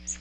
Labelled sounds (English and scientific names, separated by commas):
Magnolia Warbler (Setophaga magnolia) flight call